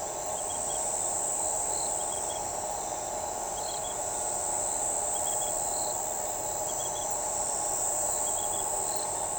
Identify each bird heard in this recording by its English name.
none